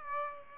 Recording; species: mosquito wingbeat signal from an infrared sensor; Aedes aegypti